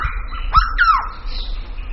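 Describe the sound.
Bird giving harsh squawky calls, two quick notes sweeping downward, set against a steady tone and low background rumble.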